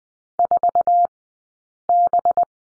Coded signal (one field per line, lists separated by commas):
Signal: Morse code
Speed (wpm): 20 wpm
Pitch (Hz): 700 Hz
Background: none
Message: 4B